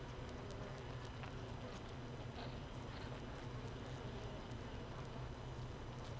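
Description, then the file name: Honey bees humming inside a hive, an even low buzzing drone that holds steady, with light clicking taps scattered over it. Hive 1 recorded without a queen, 31 May 2018, 15:30. "Hive 1 31 05 2018 NO Queen Bee H 1 audio 15 30 00"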